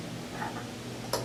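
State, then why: Seated. A power connector's threaded locking collar on an instrument power connection is spun by hand after its notches are lined up. Soft turning noise runs over a low hum, and someone talks. A single sharp click at 1.1 s marks the collar locking into place.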